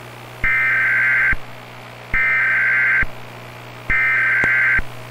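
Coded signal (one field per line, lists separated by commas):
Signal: Emergency Alert System (SAME) tones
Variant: header bursts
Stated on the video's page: Fictional EAS scenario alert about a containment breach, simulated.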